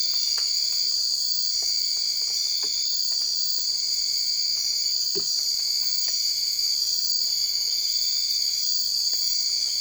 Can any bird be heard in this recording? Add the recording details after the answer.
no. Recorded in dense forest near Puerto Asís, Putumayo, Colombia, on 20 December 2024 at 00:00. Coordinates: 0.482, -76.320. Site G021